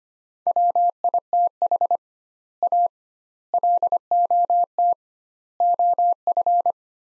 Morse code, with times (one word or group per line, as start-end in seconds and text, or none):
0.5-2.0 WITH
2.6-2.9 A
3.5-4.9 LOT
5.6-6.7 OF